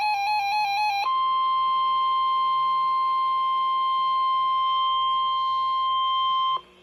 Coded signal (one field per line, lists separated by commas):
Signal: Emergency Alert System (SAME) tones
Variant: 1050 Hz attention tone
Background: music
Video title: Polk County SVR on KIH63 (EAS #320)